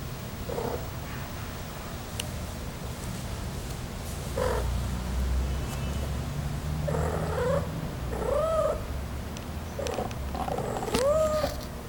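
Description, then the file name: Cat meowing: a series of short, wavering meows, some rising then falling, repeated at irregular intervals over a steady low rumbling background. Female cat with black fur. "Gata negra"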